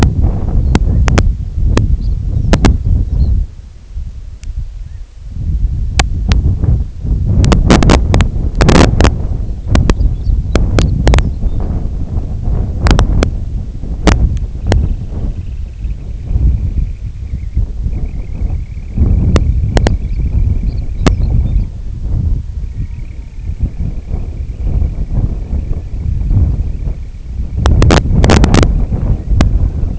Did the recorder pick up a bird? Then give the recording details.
yes. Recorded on Arctic tundra, site IGLO-D, on 23 June 2018. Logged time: 20:00